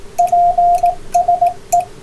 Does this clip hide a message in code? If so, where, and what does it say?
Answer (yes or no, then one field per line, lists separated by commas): yes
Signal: Morse code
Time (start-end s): 0.2-1.8 s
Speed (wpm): 18 wpm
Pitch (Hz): 700 Hz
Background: radio noise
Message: PSE